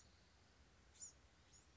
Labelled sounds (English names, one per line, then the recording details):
Bewick's Wren
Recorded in Sonoma County, California